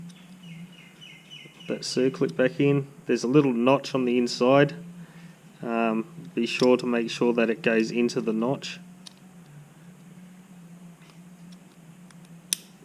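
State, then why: Seated. Someone talks while a spring-steel retaining circlip for the oil screen filter of a Suzuki RMX450Z four-stroke dirt bike engine is worked back into its groove with pliers. After some quiet handling noises, the circlip pops home with a sharp metallic snap at 12.5 s, seated all the way round in the notch.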